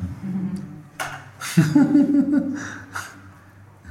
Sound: laughs